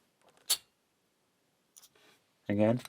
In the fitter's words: listen for that snap